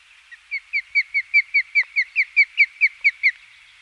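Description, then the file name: Osprey giving a rapid, steady run of many clear, piercing whistled yelps, each briefly falling. "Osprey - Pandion haliaetus"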